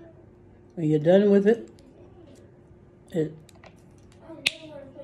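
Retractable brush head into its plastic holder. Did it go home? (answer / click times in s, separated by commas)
yes / 4.5 s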